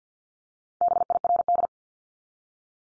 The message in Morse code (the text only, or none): BIRD